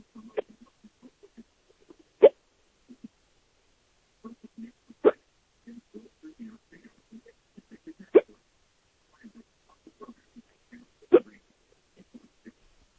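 Four sharp, abrupt hiccups about three seconds apart, with faint soft murmuring sounds between them.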